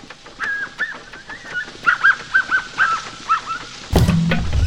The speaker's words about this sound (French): En Amérique du Sud, nous avons quelques petits singes avec des voix remarquables. Par exemple, le saï, avec le caquettement semblable à celui d'un oiseau. Voici le saï brun de l'Amérique du Sud.